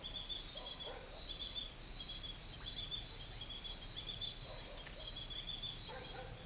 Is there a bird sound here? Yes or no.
no